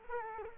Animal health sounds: mosquito wingbeat signal from an infrared sensor; Culex quinquefasciatus

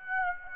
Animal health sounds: mosquito wingbeat signal from an infrared sensor; Aedes aegypti

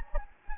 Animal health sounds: mosquito wingbeat signal from an infrared sensor; Anopheles gambiae

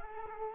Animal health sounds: mosquito wingbeat signal from an infrared sensor; Culex quinquefasciatus

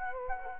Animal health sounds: mosquito wingbeat signal from an infrared sensor; Culex quinquefasciatus

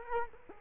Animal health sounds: mosquito wingbeat signal from an infrared sensor; Culex quinquefasciatus

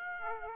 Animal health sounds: mosquito wingbeat signal from an infrared sensor; Aedes aegypti

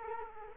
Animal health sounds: mosquito wingbeat signal from an infrared sensor; Culex quinquefasciatus

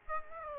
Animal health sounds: mosquito wingbeat signal from an infrared sensor; Aedes aegypti

